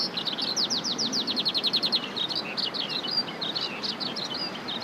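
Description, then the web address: Eurasian skylark song opening with a rapid series of repeated slurred notes, then flowing into varied twittering trills, continuous throughout with soft background rumble. "izumino saunndo hibari"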